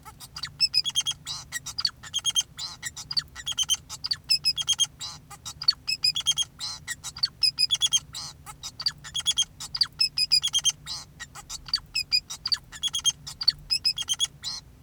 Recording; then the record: song of a male Bengalese finch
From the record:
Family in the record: son of father 2, and himself father 4